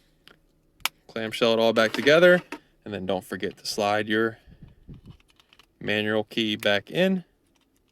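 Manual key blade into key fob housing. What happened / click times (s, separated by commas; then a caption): The key is being handled but has not yet latched into the housing / none. Someone talks while handling a Toyota Grand Highlander key fob, closing the plastic housing back together before the metal manual emergency key is slid back in. A few faint handling taps are heard, including a sharper one near 0.9 s and a small cluster between 5.1 and 5.6 s. The key has not yet seated or clicked into the fob housing by the end of the clip.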